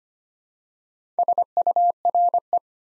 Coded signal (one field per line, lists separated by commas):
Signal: Morse code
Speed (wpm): 25 wpm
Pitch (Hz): 700 Hz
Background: none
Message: SURE